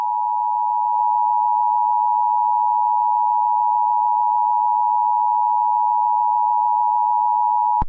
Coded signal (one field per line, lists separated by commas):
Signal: Emergency Alert System (SAME) tones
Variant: 853 and 960 Hz attention tone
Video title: EAS analog horror